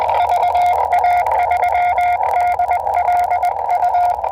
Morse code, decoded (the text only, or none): VA3DLU